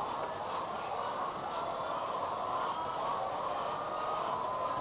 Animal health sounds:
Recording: poultry house recording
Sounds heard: healthy chickens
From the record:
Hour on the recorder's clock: 20

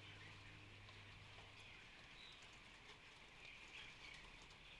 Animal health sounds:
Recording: poultry house recording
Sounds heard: healthy chickens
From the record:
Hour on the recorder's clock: 14

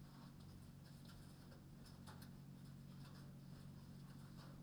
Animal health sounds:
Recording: poultry house recording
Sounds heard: no chicken sound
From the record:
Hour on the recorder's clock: 22

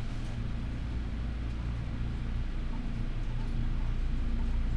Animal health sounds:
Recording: poultry house recording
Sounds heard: healthy chickens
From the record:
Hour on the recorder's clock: 12

